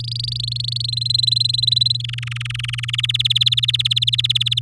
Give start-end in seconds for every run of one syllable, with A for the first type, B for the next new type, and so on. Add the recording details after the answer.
0.00-0.86 A, 0.88-2.02 B, 2.04-3.01 C, 3.03-4.59 D. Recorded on 9 May 2018 at 12:21. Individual llb16